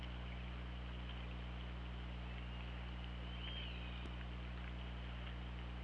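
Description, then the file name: Killer whale call: one arched tonal call rising then falling, heard midway through a steady low hum and hiss, with a single sharp click soon after. Killer whale recorded by an OrcaLab hydrophone on 24 August 2017 at 07:58. "Orca Lab UTLN JASON 20170824 075824"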